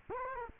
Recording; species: mosquito wingbeat signal from an infrared sensor; Culex quinquefasciatus